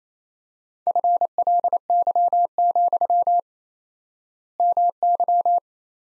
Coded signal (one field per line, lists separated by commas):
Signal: Morse code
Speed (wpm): 28 wpm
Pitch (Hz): 700 Hz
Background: none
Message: FLY, MY